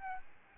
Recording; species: mosquito wingbeat signal from an infrared sensor; Aedes albopictus